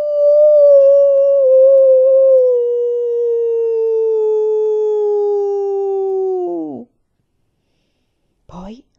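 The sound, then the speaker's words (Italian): A human voice imitates a large wolf howling toward the moon with its muzzle raised to the sky: one long, steady, mid-pitched wail that slowly sinks in pitch before wavering off, then after a pause a brief, quivering howl fragment. “appena in tempo per vedere il grosso lupo sollevare il muso puntandolo verso il cielo. La sua bocca si aprì e un lungo ululato si sollevò verso la luna.”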